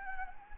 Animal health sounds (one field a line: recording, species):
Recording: mosquito wingbeat signal from an infrared sensor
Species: Anopheles gambiae